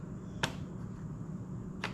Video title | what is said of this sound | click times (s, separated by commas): Low Rider S Quad Lock install | there like that and it's locked into place | 0.4 s